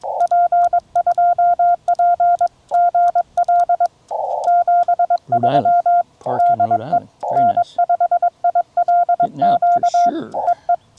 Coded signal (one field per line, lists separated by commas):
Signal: Morse code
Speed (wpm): 22 wpm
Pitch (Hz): 1400 Hz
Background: speech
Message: P2P GL 73 DE N5ILQ EE